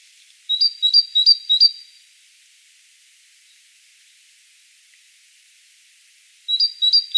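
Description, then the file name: Great tit delivering a fast series of four ringing two-note units, a pause of several seconds, then the same pattern starting again at the end. "Parus major"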